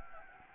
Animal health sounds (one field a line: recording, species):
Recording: mosquito wingbeat signal from an infrared sensor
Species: Anopheles gambiae